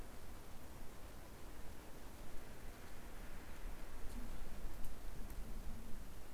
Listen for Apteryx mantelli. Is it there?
no